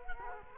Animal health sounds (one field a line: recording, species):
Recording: mosquito wingbeat signal from an infrared sensor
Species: Culex quinquefasciatus